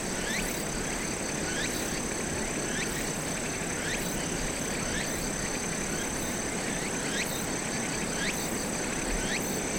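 Cicada sustaining an even, piercing buzz with periodic louder pulses on top, accompanied by repeated short upswept chirps and dense background noise.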